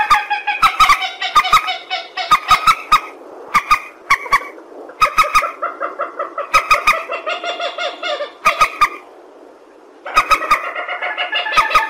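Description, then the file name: Purple swamphen, bursts of loud nasal cackling separated by brief quiet gaps, with crisp clicks between calls. "tieng trich re keu"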